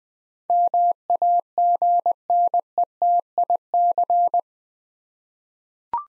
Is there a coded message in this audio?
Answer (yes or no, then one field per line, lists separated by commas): yes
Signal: Morse code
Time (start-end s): 0.5-4.4 s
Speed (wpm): 20 wpm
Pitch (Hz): 700 Hz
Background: none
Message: MAGNETIC